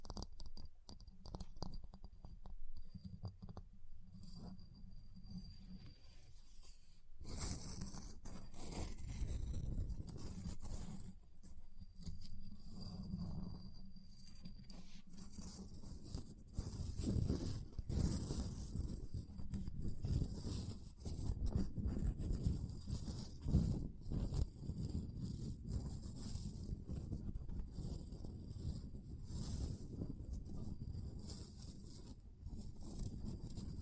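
Ice is tapped, scratched and carved in uneven bursts, with dense rasping scrapes after about seven seconds and sharp knocks scattered throughout.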